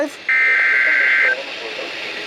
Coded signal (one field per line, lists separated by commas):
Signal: Emergency Alert System (SAME) tones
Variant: header bursts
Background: speech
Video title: I regret calling this event a bust | EAS Alerts From 2/22/2023 (EAS #1,830-1,849)